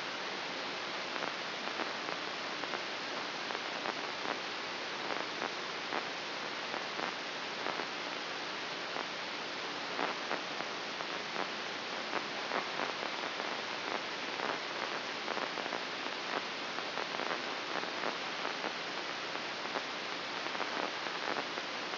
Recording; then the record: brain microelectrode recording played as sound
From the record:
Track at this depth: inside the subthalamic nucleus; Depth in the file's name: 3.228 mm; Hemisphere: left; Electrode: 3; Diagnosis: Parkinson's disease